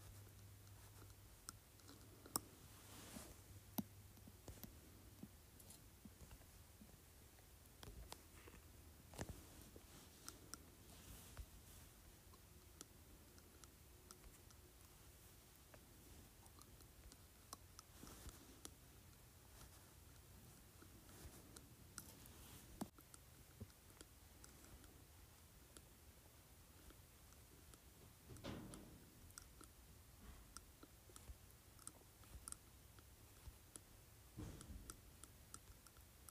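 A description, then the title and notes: Glass is tapped against teeth in quick, irregular clicks, with sharp bright ticks scattered through the whole clip. A low steady hum sits underneath, and a few louder knocks stand out near 9, 18, 28 and 34 seconds. Tapping Glass Object on Teeth.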